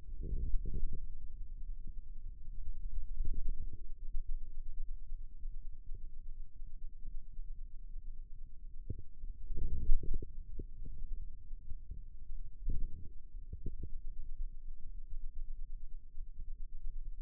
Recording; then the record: forearm muscle sounds (acoustic myography)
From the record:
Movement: radial deviation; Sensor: system 2, bracelet of six BSWA MPA416 microphones around the upper forearm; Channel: 3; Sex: male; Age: 22 years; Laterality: right